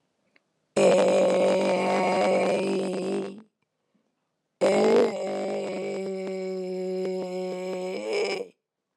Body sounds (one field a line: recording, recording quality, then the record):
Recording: sustained vowel as in made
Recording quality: poor, much background noise or distortion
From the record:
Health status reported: healthy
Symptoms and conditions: hypertension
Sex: female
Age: 55 years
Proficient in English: yes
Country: United States